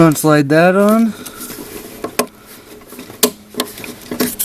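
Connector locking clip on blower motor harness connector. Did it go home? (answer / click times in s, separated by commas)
yes / 3.2 s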